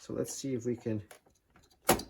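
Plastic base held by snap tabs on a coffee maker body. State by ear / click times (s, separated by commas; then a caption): released / 1.9 s. Someone talks, then pries at the plastic base of a Keurig K Express coffee maker, which is held on by snap-in plastic tabs. After a few faint scrapes, a sharp snap rings out at 1.9 s as the tabs let go and the base pops free.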